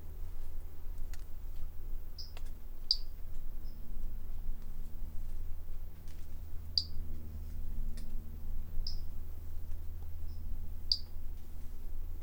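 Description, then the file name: Brachycephalus tridactylus call: several short, high, piercing chirps at irregular intervals, some fainter, over a low steady hum. Individual 03, example 01; animal not collected. "Brachycephalus tridactylus individual 03 example 01 not collected by MR Bornschein 160310"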